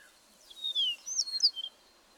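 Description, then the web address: Songbird singing a bright whistled phrase of sliding high notes and quick twitters over faint background hiss. "birdsong 162"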